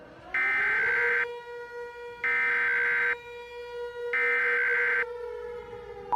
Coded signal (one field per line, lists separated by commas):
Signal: Emergency Alert System (SAME) tones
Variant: header bursts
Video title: (VALID EAS TONES) EAS Mini-Scenario: Ignited